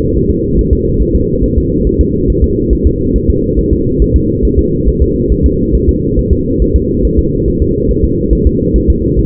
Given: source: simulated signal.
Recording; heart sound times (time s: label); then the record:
fetal heart sounds
0.17 s: S1
0.31 s: S2
0.59 s: S1
0.73 s: S2
1.02 s: S1
1.16 s: S2
1.44 s: S1
1.58 s: S2
1.87 s: S1
2.01 s: S2
2.30 s: S1
2.44 s: S2
2.73 s: S1
2.87 s: S2
3.16 s: S1
3.30 s: S2
3.59 s: S1
3.73 s: S2
4.02 s: S1
4.16 s: S2
4.45 s: S1
4.59 s: S2
4.88 s: S1
5.02 s: S2
5.32 s: S1
5.46 s: S2
5.75 s: S1
5.89 s: S2
6.19 s: S1
6.33 s: S2
6.62 s: S1
6.76 s: S2
7.05 s: S1
7.19 s: S2
7.48 s: S1
7.62 s: S2
7.91 s: S1
8.05 s: S2
8.33 s: S1
8.47 s: S2
8.76 s: S1
8.90 s: S2
9.19 s: S1
From the record:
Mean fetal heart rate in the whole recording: 140 bpm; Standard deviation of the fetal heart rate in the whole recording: 2 bpm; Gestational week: 34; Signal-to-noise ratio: -10.2 dB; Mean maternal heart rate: 72 bpm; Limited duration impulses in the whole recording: present